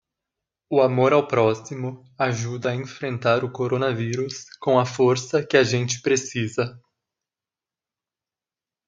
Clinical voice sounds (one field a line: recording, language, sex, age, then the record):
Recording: spoken sentence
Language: Brazilian Portuguese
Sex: male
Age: 20 to 29 years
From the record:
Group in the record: control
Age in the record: 27 years